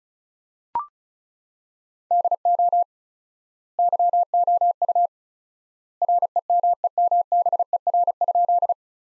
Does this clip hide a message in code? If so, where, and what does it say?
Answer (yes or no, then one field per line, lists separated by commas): yes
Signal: Morse code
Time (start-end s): 2.1-8.7 s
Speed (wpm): 34 wpm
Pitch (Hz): 700 Hz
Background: none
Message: DO YOU REMEMBER?